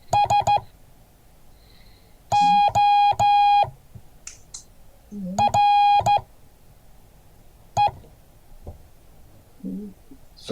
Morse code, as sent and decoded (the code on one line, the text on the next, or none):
... --- .-. .
SORE